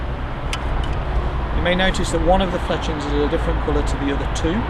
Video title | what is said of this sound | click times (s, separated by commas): Phantom Archery Kit Demonstration and Assembly | with a nice click | 0.5 s